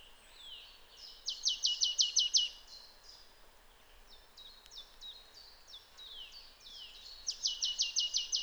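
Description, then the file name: Marsh Tit delivering two fast rattles of high, sharp notes near the start and at the end, with quieter descending slurred notes in the gap. "Poecile palustris"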